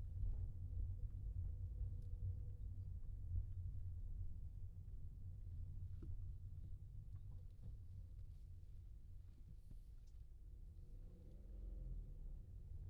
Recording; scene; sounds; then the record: everyday scene through a hearing-aid microphone; in a vehicle; engine, rumble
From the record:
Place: Skoda Fabia, gasoline engine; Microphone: in the ear canal, left